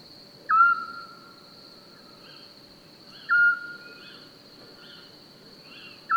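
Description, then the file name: Eurasian scops owl whistles one pure, slightly falling note about every three seconds, three times, with faint higher chirps and a steady high hum behind. Recorded 27 May 2021 at 22:45 in Francheville. "Hibou-petit-duc 20210527 2245 Francheville"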